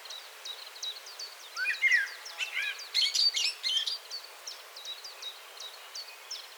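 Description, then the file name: Common blackbird producing a run of sharp high ticks, broken in the middle by louder, scratchy bursts of bird sound, then the ticking resumes. "Turdus merula"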